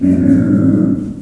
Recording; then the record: squeal of a Yucatan mini pig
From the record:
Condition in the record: after surgery on the right vocal fold (resection and tissue-engineered implant); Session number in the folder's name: 5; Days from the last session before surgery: 33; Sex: female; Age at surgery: 19 weeks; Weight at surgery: 25 kg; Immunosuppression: prednisolone